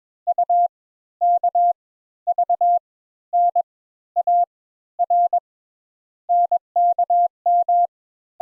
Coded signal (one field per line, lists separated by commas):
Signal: Morse code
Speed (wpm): 22 wpm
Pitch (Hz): 700 Hz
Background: none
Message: U K V N A R NKM